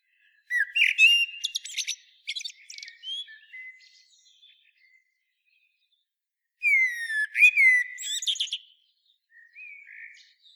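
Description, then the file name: Common blackbird song, two phrases about six seconds apart, each a mellow whistled opening followed by high, scratchy twittering notes that fade out. "Turdus merula"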